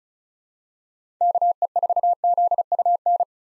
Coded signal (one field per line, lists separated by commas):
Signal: Morse code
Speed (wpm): 36 wpm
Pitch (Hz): 700 Hz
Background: none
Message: KE4ZUN